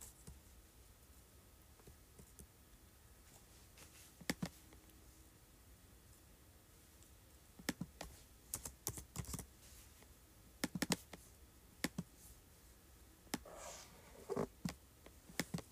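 Keyboard typing and clicking come in sparse bursts over a quiet, faintly humming background. Isolated sharp taps around four seconds give way to quicker clusters of keystrokes from about eight seconds onward, with a brief soft rustle near fourteen seconds.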